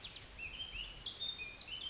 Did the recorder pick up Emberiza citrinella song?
no